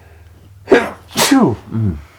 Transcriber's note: sneezed